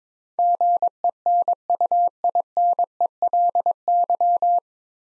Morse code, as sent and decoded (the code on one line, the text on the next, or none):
--. . -. ..- .. -. . .-.. -.--
GENUINELY